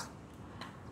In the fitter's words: naka-lock na siya